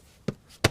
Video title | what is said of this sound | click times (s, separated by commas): How to Install Amp Research Powerstep Smart Series on a 2019 Ram 1500 | pops right in and then we can put our gasket material back in place and | 0.3 s, 0.7 s